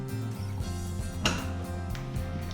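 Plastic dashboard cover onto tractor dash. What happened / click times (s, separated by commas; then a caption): The plastic panel cover snapped home / 1.3 s. A plastic dashboard cover is slid back into place on a tractor dash and pressed until it clips on, over steady background music. A sharp, loud snap at 1.3 s marks the cover seating firmly, followed by a softer tick at 2.0 s.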